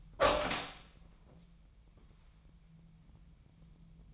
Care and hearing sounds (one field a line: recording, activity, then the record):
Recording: daily activity, microphone in the room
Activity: open door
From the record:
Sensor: 1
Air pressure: 998.5 hPa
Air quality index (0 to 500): 130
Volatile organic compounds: 4 ppm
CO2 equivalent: 1555 ppm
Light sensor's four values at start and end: 19/62/25/26 and 19/62/25/26